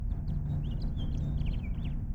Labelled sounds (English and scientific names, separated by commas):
House Finch (Haemorhous mexicanus) song